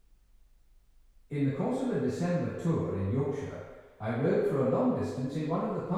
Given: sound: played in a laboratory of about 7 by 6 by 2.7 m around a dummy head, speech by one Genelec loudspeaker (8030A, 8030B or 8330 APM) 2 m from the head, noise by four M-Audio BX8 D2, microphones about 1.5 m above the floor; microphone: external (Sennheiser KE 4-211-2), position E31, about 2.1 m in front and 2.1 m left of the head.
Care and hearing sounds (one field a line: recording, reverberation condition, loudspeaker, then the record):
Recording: male speech in English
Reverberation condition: high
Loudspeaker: 90 degrees to the left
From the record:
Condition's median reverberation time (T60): about 1300 ms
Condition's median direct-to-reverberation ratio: about -4.0 dB